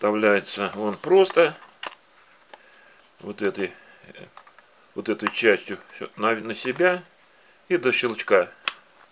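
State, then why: Not seated. Someone talks while handling a plastic 12 V Li-ion battery pack for a ZITREK Green 12 cordless drill-driver, pushing it toward the base of the drill's handle. Brief sharp handling ticks come around 1.9 s, 2.5 s and 8.7 s between the speech. Nothing has seated or clicked yet.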